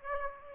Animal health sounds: mosquito wingbeat signal from an infrared sensor; Aedes aegypti

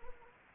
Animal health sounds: mosquito wingbeat signal from an infrared sensor; Anopheles gambiae

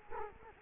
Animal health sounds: mosquito wingbeat signal from an infrared sensor; Culex quinquefasciatus

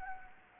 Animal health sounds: mosquito wingbeat signal from an infrared sensor; Anopheles gambiae

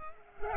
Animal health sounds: mosquito wingbeat signal from an infrared sensor; Culex pipiens

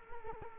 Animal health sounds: mosquito wingbeat signal from an infrared sensor; Culex quinquefasciatus

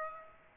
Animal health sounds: mosquito wingbeat signal from an infrared sensor; Aedes aegypti

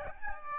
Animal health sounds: mosquito wingbeat signal from an infrared sensor; Aedes albopictus

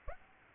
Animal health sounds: mosquito wingbeat signal from an infrared sensor; Aedes aegypti

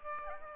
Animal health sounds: mosquito wingbeat signal from an infrared sensor; Aedes albopictus

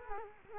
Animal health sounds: mosquito wingbeat signal from an infrared sensor; Culex quinquefasciatus

